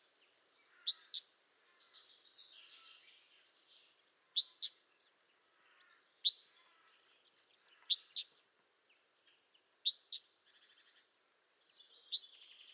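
Great tit calls: a high whistled note with a sharp downward sweep, given in short phrases a few seconds apart, with faint softer chatter between.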